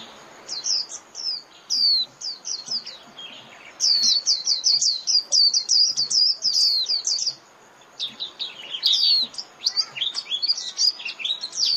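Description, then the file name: White-eye giving nearly continuous, very high twittering chirps in quick succession, with a brief pause and some lower slurred notes near the end. Lure call (mồi) used for trapping white-eyes. "Tieng khuyen moi"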